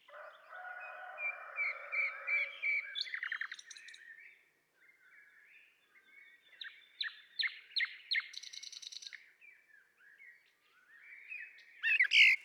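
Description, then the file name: Common nightingale singing rich varied phrases: a churring opening, a short silence, then loud evenly spaced staccato notes, a buzzy trill and a final sharp note. "Luscinia megarhynchos"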